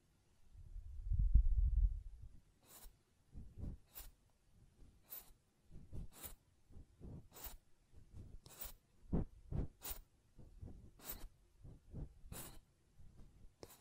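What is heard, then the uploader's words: Ear cleaning with a low rumbling rub at first, then regular crisp scratchy strokes roughly every second, with short soft puffs between. ASMR Ear Cleaning and Blowing (No Talking).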